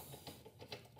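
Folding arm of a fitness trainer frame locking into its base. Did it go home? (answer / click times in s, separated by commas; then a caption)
no / none. After its knob is unscrewed, the folding arm of a Teeter FitForm resistance-band strength trainer frame is raised toward its locked position in the base, giving soft handling rattles with two brief knocks at about 0.3 and 0.7 seconds. The clip ends just before the arm locks, and nothing has seated or clicked into place yet.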